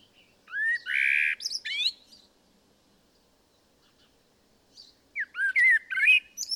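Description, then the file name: Common blackbird song with two phrases, each a mellow, sliding whistle followed by high scratchy twittering, divided by a few seconds of near silence. "Turdus merula"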